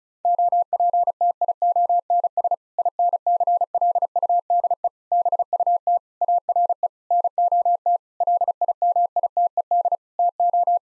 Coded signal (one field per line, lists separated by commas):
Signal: Morse code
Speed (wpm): 36 wpm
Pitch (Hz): 700 Hz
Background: none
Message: OPTIONS INCLUDE BUT ARE NOT LIMITED TO